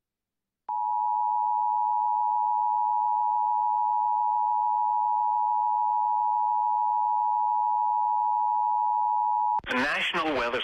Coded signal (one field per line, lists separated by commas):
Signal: Emergency Alert System (SAME) tones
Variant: 853 and 960 Hz attention tone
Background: speech